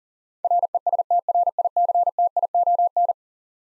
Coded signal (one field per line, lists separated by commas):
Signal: Morse code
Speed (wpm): 40 wpm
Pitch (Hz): 700 Hz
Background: none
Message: RESTRICTION